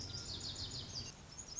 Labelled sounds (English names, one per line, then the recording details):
Lazuli Bunting
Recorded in Sonoma County, California